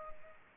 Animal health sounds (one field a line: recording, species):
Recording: mosquito wingbeat signal from an infrared sensor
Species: Culex pipiens